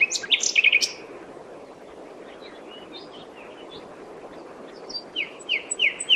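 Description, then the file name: Common nightingale song: a loud burst of rich, rattling whistled notes, a quiet stretch with soft scattered notes, then a fast series of sharp repeated chips. "Luscinia megarhynchos"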